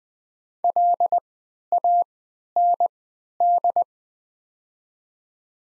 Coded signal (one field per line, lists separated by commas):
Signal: Morse code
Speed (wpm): 20 wpm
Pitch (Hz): 700 Hz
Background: none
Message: LAND